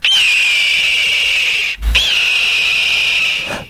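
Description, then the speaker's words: Red-tailed hawk giving two long, hoarse, high screams, each starting with a brief rise then holding steady before fading, with a short gap between them. Cry of a hawk-family bird, commonly mistaken for the bald eagle's. "Так кричит краснохвостный сарыч из семейства ястребов."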